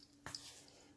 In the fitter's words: and it pops right in see oh yeah